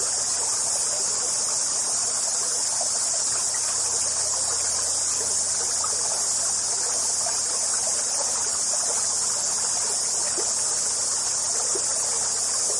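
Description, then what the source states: Cicada chorus as a continuous high buzzing hiss without pauses, layered over the constant splashing and gurgling of stream water. Cicadas heard together with a flowing stream.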